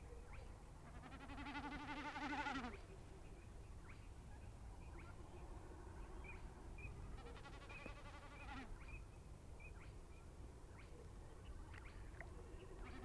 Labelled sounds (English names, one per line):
Common Snipe bleating